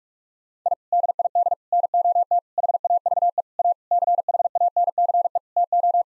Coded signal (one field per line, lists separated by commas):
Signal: Morse code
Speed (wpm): 46 wpm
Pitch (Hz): 700 Hz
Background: none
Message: I DID NOT HAVE A CHANCE TO